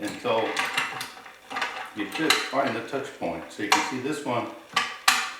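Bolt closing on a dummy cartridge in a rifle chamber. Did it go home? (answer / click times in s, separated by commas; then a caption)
yes / 5.1 s. Someone talks while a steel rifle bolt is worked and closed on a dummy cartridge chambered in the rifle, with short metallic handling sounds. At 5.1 s the bolt gives a sharp click at the top of its stroke as it seats, showing the bullet is just barely into the rifling.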